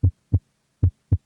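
Two steady, low-pitched lub-dub heartbeats of a normal adult heart, at roughly 75 beats per minute.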